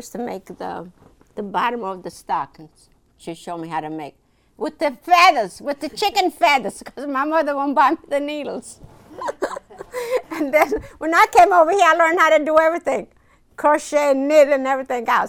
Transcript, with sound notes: I used to make the bottom of the stockings, she showed me how to make, with the feathers, with the chicken feathers, because my mother won't buy me the needles. ( they laugh ) And then when I came over here, I learned how to do everything, crochet, knit and everything else.